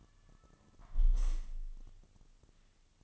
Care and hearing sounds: daily activity, microphone in the room; close window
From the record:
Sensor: 4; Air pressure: 1005.5 hPa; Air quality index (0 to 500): 89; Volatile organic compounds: 2 ppm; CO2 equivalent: 1099 ppm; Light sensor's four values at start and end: 13/29/11/11 and 13/29/11/11

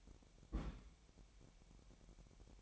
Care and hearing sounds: daily activity, microphone in the room; place on stove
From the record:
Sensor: 1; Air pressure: 1012.1 hPa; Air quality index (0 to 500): 224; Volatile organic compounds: 5 ppm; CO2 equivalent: 1792 ppm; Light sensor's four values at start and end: 71/168/72/76 and 71/167/72/76

